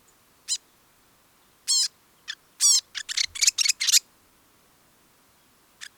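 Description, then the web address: New Zealand fantail song: a burst of thin, squeaky, high chirps, with scattered single notes before and a faint final squeak after a pause. "cantos abanicomaori"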